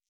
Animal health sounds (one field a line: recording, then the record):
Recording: hydrophone in a shrimp aquaculture tank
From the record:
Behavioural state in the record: stressed